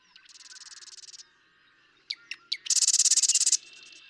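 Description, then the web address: Marsh Wren singing: a dry, fast rattle, then a few sharp clicks and a louder, harsher mechanical trill lasting about a second. "birdsongforthecurious Marsh Wren"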